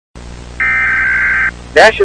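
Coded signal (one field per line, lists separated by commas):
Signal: Emergency Alert System (SAME) tones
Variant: header bursts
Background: speech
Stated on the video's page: Fictional EAS scenario whose alarm sounds are the same as the real ones.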